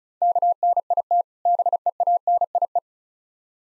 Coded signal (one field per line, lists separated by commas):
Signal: Morse code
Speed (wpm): 38 wpm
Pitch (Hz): 700 Hz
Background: none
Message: KNIT BEANIE